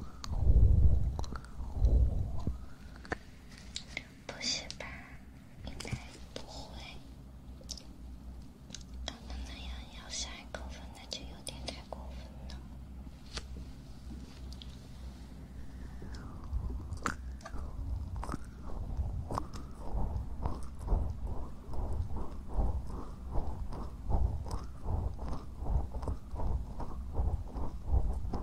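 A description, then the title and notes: Ear cleaning and ear massage with close scratching, rubbing and soft crackles that come in irregular bursts. A heavy low thump opens the first two seconds, then a steady low rumble runs underneath, and from about 17 seconds the taps grow quicker and more regular. ASMR Ear cleaning & Ear massage.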